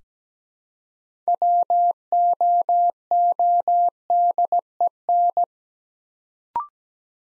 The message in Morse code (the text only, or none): WOODEN